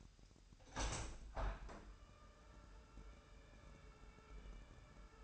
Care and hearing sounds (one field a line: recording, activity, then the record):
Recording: daily activity, microphone in the room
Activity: open window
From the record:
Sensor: 2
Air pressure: 998.5 hPa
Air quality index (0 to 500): 130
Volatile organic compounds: 3 ppm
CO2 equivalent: 1473 ppm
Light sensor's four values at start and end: 6/15/6/7 and 6/15/6/7